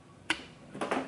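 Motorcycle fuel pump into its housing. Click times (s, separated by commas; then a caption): 0.3 s. A replacement fuel pump for a 2022 KLR650 motorcycle, with its rubber O-ring held in place, is pushed into its pump housing and snaps in with a sharp click at 0.3 s as the O-ring pops into place. Two softer knocks follow at about 0.8 s and 0.9 s, and the pump is seated.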